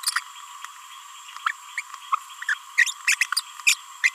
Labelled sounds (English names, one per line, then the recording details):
Green-rumped Parrotlet babbling
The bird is a female
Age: 31 days
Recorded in a nest box in Venezuela
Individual 17B42A2